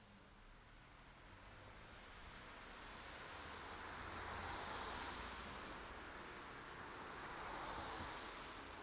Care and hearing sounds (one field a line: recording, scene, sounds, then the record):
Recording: everyday scene through a hearing-aid microphone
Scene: in traffic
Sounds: traffic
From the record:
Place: city secondary road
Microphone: in the ear canal, left